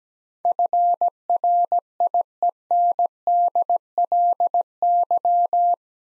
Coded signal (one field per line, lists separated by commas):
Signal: Morse code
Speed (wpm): 17 wpm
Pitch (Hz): 700 Hz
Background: none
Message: FRIENDLY